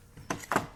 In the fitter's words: and they just snap into place.